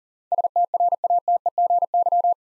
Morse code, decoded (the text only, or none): STRATEGY